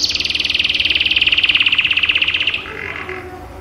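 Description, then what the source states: Canary song: a fast, even trill that slides slightly downward, lasting about two and a half seconds before fading out. Kept hobby canary named Jenggo; its song is described as sounding like a lovebird.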